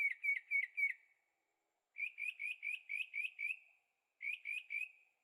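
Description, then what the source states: Bird song: fast runs of three to seven bright chirped notes at a steady pace, in three phrases with short pauses between. Birds singing at night in Carefree, Arizona; recorded in stereo on a Zoom H6.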